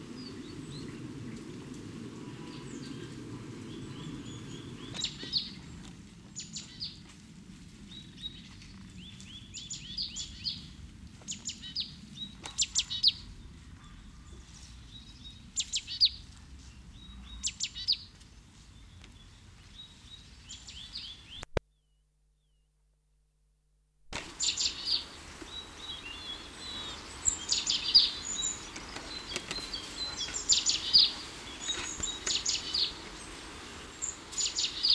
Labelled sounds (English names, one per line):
Marsh Tit call